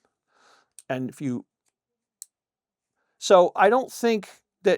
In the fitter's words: it's raised up and it will just pop open.